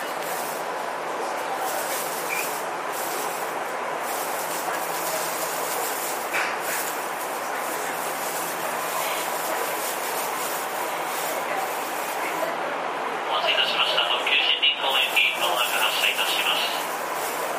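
Recorded aboard a commuter train in motion, with a steady, dense rumble and hiss of running on the rails and a low hum underneath. From about 13 seconds a bright, shrill tone rises over the noise, likely brakes or a motor whine, and the overall sound grows louder.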